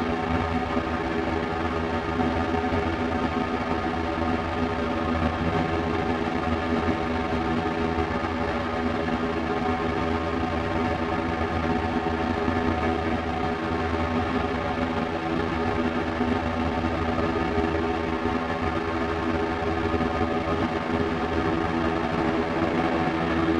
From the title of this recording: drone